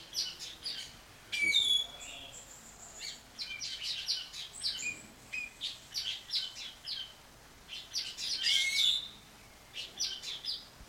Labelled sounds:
Golden Myna call
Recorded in captivity
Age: adult
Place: Zoo Berlin, Berlin, DE
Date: 1992-05-09 10:30
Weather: wolkig, 11-14°C
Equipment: Nagra SN, Mikrofon AKG CK 8, Kopie Tesla B 116
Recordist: Tembrock, Günter

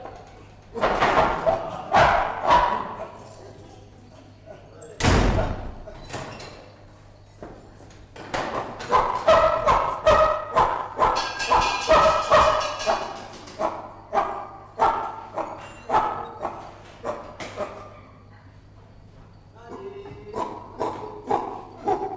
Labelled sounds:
Chimpanzee call
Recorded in captivity
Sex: group
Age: adult
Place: Zoo Berlin, Berlin, DE
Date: 1958-12-02 16:00
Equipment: Vollspur
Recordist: Tembrock, Günter

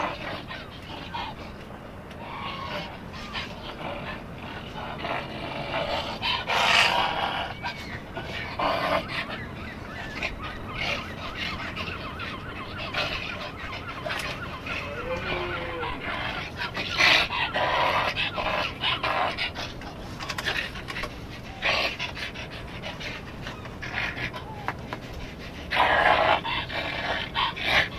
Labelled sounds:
Wapiti call
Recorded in captivity
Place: Zoo Halle, Sachsen-Anhalt, DE
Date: 1965-10-21 15:00
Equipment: Telefunken Magnetophon 300, Sennheiser MD 421, Transistorverstärker 2
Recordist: Tembrock, Günter

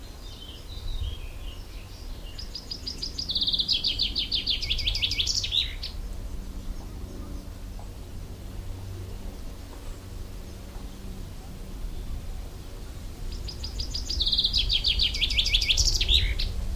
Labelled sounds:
Common Chaffinch song
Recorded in the wild
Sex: male
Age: adult
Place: Töplitz, Brandenburg, DE
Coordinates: 52.4333, 12.9
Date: 1996-06-15 16:34
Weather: cloudy, 16°C, wind
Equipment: Sony MD-WM MZ-R3, Sennheiser MKH 416 T, Kopie Uher 4000 Report Monitor
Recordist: Tembrock, Günter

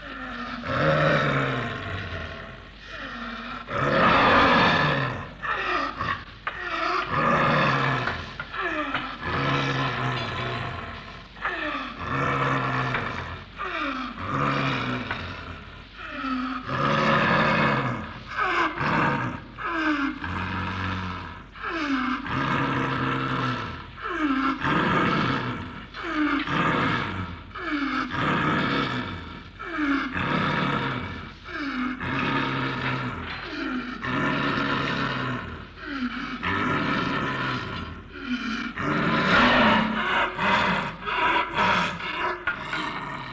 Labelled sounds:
Snow Leopard
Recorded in captivity
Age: adult
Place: Tierpark Berlin, Berlin, DE
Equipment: Englisches Reportergerät
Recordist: Altmann, Dagmar

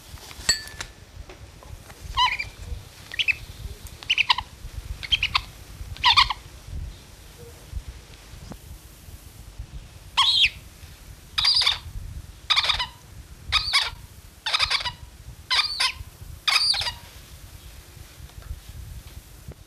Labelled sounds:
Spectacled Owl call
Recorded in captivity
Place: Zoo Hannover, Niedersachsen, DE
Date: 1974-02-26
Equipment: Halbspur, 9,5 cm/s
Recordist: Lütgens, Hans
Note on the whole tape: Beim Füttern

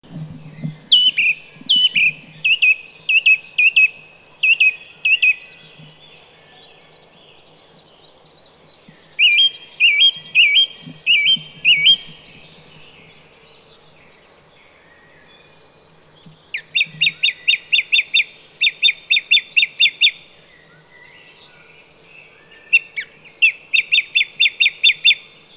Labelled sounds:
Song Thrush song
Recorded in the wild
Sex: male
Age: adult
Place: Vipperow, Müritz, Mecklenburg-Vorpommern, DE
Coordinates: 53.3461, 12.6836
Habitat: alder marsh
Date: 1998-04-07 17:30
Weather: cloudy, 12°C
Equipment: Sony TCD-D3, Telinga Pro 5
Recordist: Frommolt, Karl-Heinz

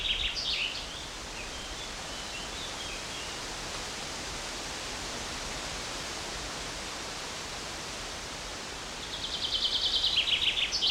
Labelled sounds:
Common Chaffinch
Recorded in the wild
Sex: male
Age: adult
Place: Botanische Anlage Blankenfelde, Berlin, DE
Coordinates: 52.603, 13.4
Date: 1993-07-03 12:28
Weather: 20-23 °C, sonnig, diesig, böiger Wind
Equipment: Marantz CP 430, Sennheiser ME 80, Kopie Uher Variocord 263
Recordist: Tembrock, Günter

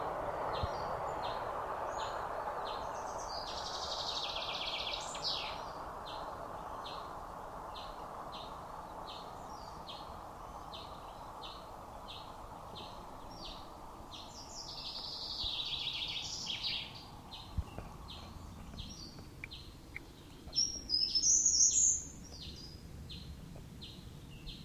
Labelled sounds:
Short-toed Treecreeper song
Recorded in the wild
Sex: male
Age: adult
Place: Wesendahl, Barnim, Brandenburg, DE
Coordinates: 52.6044, 13.7886
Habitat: farmland
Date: 1991-07-01 14:32
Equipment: Uher 4000 Report Monitor, Sennheiser ME 80, K 30 AV, Original
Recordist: Frommolt, Karl-Heinz

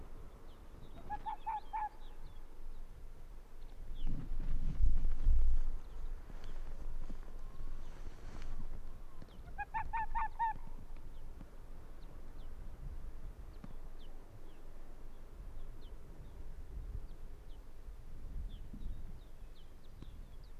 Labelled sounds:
Arctic Fox
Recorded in the wild
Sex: male
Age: adult
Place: Insel Mednyi, Kommandeur-Inseln, RU
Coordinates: 54.5167, 168.083
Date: 1999-07-27
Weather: 10°C, kein Nebel, leichter Südwestwind
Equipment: Sony WM-D6C, Sennheiser ME 80, K 30 AV, Windkorb, Kopie Tascam DA 30
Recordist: Jakupi, Antje

